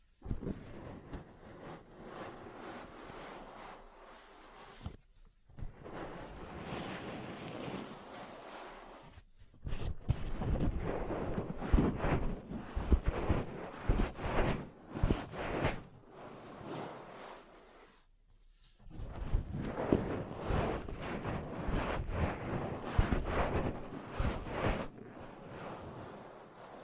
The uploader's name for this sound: Ear Cleaning, Massage, Cupping, Tapping